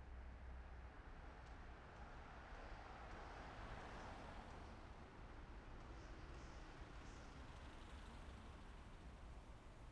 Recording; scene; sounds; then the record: everyday scene through a hearing-aid microphone; in traffic; traffic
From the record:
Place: main city hub, rush hour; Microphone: behind the ear, left, rear